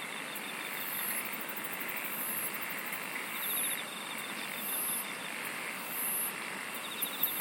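Insect chorus with shrill pulsed bursts high up coming roughly every second or so, a softer rapid trill below, and a continuous buzzing hiss throughout.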